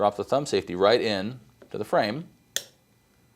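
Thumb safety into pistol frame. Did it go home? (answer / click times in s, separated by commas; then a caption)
yes / 2.6 s. Someone talks while a steel thumb safety is pressed in and down and wiggled into a Springfield SA-35 / Type 1 BHP pistol frame, with a pin punch holding the plunger, during installation of an Apex Action Enhancement Trigger Kit. A sharp, short click sounds at 2.6 s as the thumb safety drops and seats into the frame.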